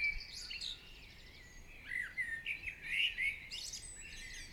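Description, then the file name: Birds chirping and warbling, a short pause then a burst of bright overlapping whistled phrases. Birds singing in the morning. "Chants Oiseaux du Matin"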